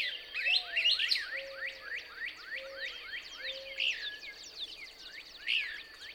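Couch's Kingbird twittering song, a rapid run of short downslurred chips with brief louder bursts, soft low whistled notes and a faint steady high tone underneath.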